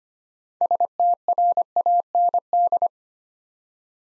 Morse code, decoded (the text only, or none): STRAND